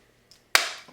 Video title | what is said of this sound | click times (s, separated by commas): The Basics of Vegetable Garden Irrigation | hear it pop when it goes in there. | 0.6 s